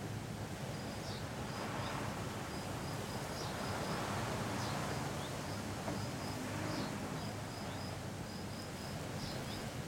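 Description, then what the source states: Cicada song of high buzzy pulse groups, repeated through a steady roar of wind. Single cicada that had been hiding in the garden all week; recorded in a garden on a day of constant mistral wind blowing through a pine tree.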